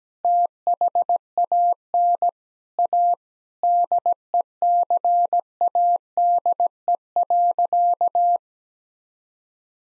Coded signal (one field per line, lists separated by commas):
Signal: Morse code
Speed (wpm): 17 wpm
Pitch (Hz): 700 Hz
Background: none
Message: THAN A DECADE.